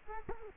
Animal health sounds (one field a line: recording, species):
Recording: mosquito wingbeat signal from an infrared sensor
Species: Culex quinquefasciatus